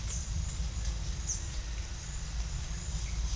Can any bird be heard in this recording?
no